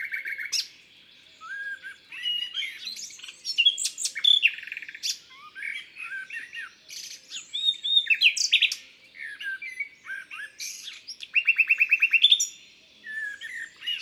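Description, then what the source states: Common nightingale song with rich varied phrases: slurred whistles, sharp clicks and dry rattles, and a fast even trill of repeated notes late in the song. Recorded in Isère, France.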